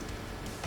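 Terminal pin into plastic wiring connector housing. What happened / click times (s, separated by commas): The terminal pin stopped short without clicking in / none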